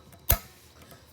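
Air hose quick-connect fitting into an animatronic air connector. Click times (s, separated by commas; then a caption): 0.3 s. The collar of a pneumatic quick-connect coupling is slid back and an air hose fitting is pushed onto the air connector of a Distortions Unlimited animatronic. A single sharp click sounds at 0.3 s against quiet background. The coupling seats.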